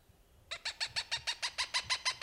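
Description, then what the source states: Cooper's hawk starting a quick series of hoarse, nasal 'kek' notes, steady and evenly spaced, about twelve in under two seconds. Recorded June 21, 1995.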